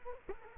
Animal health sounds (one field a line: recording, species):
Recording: mosquito wingbeat signal from an infrared sensor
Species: Culex quinquefasciatus